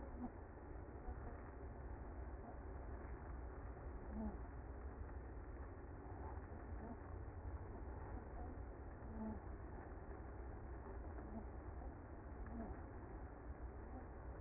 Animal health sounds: honeybee colony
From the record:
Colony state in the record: active

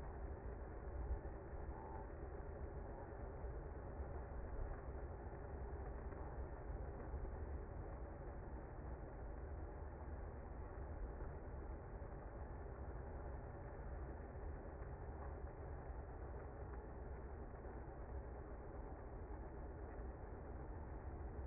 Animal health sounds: honeybee colony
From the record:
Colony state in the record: active

